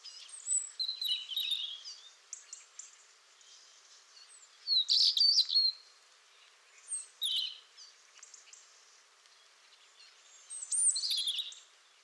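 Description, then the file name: European robin song of thin, high warbled phrases separated by pauses. "Erithacus rubecula"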